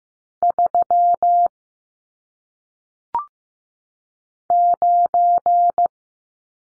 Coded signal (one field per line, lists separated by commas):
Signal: Morse code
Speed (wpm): 15 wpm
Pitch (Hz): 700 Hz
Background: none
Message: 3 9